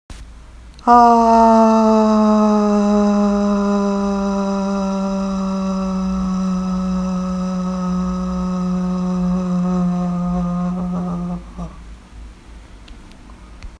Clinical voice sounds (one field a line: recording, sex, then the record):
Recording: sustained vowel /a/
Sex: female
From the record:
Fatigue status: fatigue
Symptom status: symptomatic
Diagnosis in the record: COVID-19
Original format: m4a